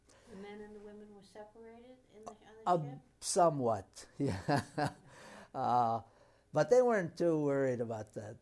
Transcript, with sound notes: The men and the women were separated in the — on the ship?
Somewhat, yeah. [Laughs] But they weren't too worried about that.